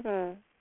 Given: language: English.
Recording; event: throat vibration sensor signal played as sound; speech